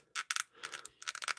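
A plastic hat is pressed onto an action figure's head, over a small ring on the head peg, and it was expected to fit snugly. Sharp plastic clicks and rattling taps are heard in several bursts. The hat pops into place at 0.3 s.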